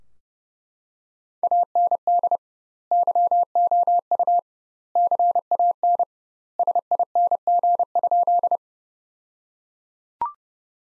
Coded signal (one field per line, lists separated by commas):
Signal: Morse code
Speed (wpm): 30 wpm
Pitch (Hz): 700 Hz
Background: none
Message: AND YOU CAN SING?